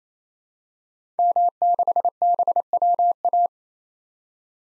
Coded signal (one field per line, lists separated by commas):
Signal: Morse code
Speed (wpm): 28 wpm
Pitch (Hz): 700 Hz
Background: none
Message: M6BWA